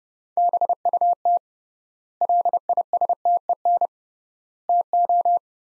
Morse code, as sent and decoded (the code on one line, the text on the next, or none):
-... ..- - / .-.. .. ... - . -. / - ---
BUT LISTEN TO